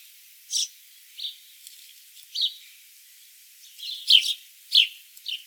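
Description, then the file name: House sparrow chirping: short, bright, slightly varied notes given at irregular intervals. "Passer domesticus"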